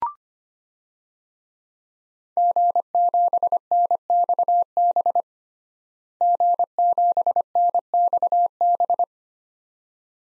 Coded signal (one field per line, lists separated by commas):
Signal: Morse code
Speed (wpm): 25 wpm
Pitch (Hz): 700 Hz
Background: none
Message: G7NXB G7NXB